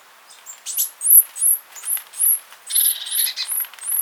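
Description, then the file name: Eurasian blue tit calls: a series of thin, very high downslurred notes in quick succession, with a brief buzzier chatter in the second half. "Cyanistes caeruleus"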